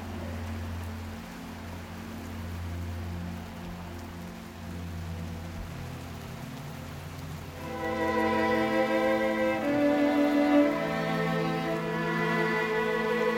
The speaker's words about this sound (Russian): И тогда снова начинает лить дождь.